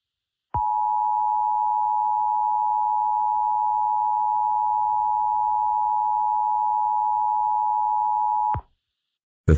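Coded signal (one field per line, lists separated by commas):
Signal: Emergency Alert System (SAME) tones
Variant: 853 and 960 Hz attention tone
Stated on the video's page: Fictional EAS scenario, simulated alert made with editing software and text to speech.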